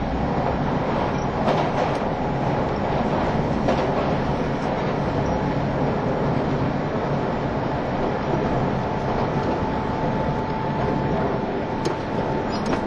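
Running sound of a JR East E351 Super Azusa train: a dense, steady low rumble with a faint whine and occasional brief clicks.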